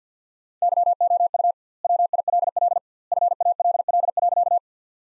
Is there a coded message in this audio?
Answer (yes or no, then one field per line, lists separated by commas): yes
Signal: Morse code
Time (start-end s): 0.6-4.6 s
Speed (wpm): 50 wpm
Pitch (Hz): 700 Hz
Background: none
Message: YOU WILL FALL.